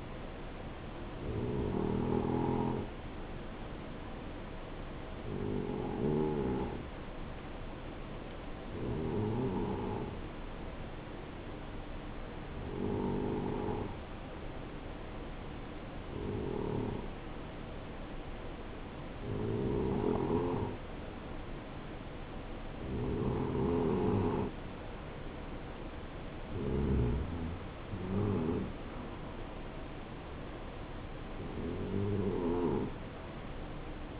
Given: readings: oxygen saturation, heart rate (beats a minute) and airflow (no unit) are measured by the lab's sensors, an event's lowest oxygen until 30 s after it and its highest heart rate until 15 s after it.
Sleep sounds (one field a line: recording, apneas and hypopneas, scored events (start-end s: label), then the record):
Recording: breathing in sleep by a voice recorder at the bedside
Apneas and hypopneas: none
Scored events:
none scored
From the record:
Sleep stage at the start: N2 (light sleep)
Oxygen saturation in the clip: 90 to 92%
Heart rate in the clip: 64 to 68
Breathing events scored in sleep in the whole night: 277 in 7.4 hours asleep